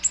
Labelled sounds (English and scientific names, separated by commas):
Ovenbird (Seiurus aurocapilla) flight call